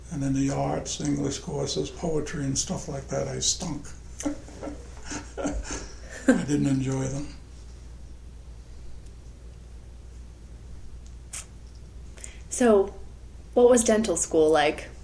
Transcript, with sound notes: And in the arts and English courses, poetry and stuff like that, I stunk. [laughter] I didn't enjoy them.
So, what was dental school like?